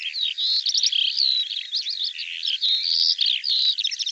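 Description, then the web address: Bird song with lively mixed notes: short chattering bursts, level whistles and quick rising chirps following one another closely. "cianscape birddata Deverinetal 2025 Bird"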